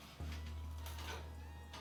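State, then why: Not seated. A 1660 Super graphics card is handled with its gold edge contacts lined up to the PCIe slot on a B450 Tomahawk Max motherboard, where the slot's plastic retention latch will later click back to hold it. Steady background music plays throughout, with brief handling knocks around 0.9 s and 1.7 s. Nothing has seated or clicked yet.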